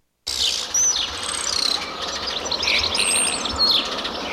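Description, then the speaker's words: Spotless Starling song, a dense mix of high whistles, chattering trills and buzzy notes. "Saudações ambientais dos amigos do Caster e ouça o canto do estorninho preto."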